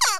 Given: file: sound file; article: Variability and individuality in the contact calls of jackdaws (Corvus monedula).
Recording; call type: jackdaw call; harmonic